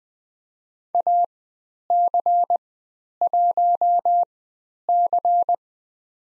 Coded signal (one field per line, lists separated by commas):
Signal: Morse code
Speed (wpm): 20 wpm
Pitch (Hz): 700 Hz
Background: none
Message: AC1C